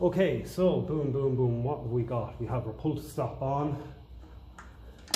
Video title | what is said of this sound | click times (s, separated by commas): 1954 Ferguson 20 TEF Diesel | there's the click you one here into the Runing position uh | 5.1 s